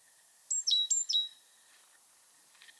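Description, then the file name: Great tit calls: a quick group of four sharp notes, each dropping steeply from very high to a held high tone, then quiet with faint chirps. "Parus major"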